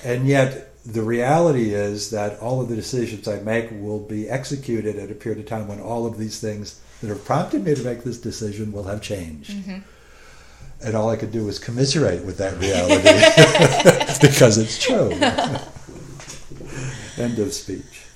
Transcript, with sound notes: And yet the reality is that all of the decisions I make will be executed at a period of time when all of these things that have prompted me to make this decision will have changed. And all I can do is commiserate with that reality [laughing] because it's true. End of speech.